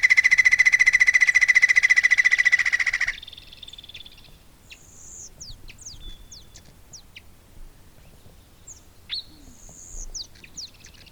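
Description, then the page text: Andean flicker giving a rapid, even series of loud ringing notes for about three seconds, followed by faint scattered chirps from other birds. "Joseph Tobias and Nathalie Seddon - Андский шилоклювый дятел (Colaptes rupicola)"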